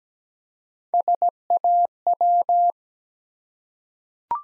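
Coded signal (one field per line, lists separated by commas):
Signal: Morse code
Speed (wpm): 17 wpm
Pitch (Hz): 700 Hz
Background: none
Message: SAW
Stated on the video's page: Morse code practice set of easy words with contextual hints at 17 wpm.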